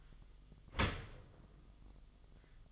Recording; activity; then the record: daily activity, microphone in the room; open dishwasher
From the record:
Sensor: 4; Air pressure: 1005.5 hPa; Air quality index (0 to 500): 112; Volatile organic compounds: 3 ppm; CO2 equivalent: 1401 ppm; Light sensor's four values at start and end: 11/25/10/10 and 11/25/10/10